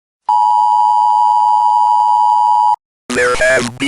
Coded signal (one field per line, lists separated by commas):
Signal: Emergency Alert System (SAME) tones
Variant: 853 and 960 Hz attention tone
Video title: EAS scenario - Grimace shake poison